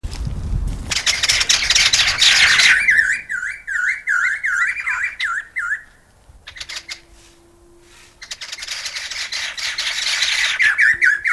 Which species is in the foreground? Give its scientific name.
Garrulax strepitans